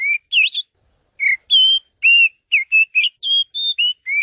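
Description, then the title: Oriental magpie-robin song: clear whistled notes, some rising and some swooping, delivered in short separate phrases with brief pauses between them. Champion songster. "Kicau Burung Kacer Juara"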